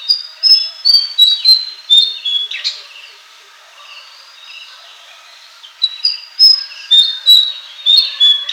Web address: White-Throated Fantail Song